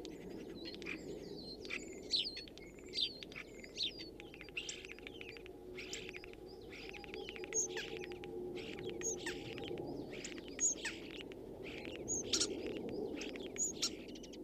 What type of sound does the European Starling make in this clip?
song